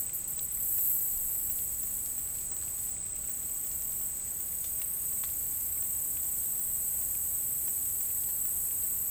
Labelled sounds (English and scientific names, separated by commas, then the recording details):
none
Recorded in dense forest near Puerto Asís, Putumayo, Colombia, on 27 June 2025 at 15:00
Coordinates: 0.503, -76.323
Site G059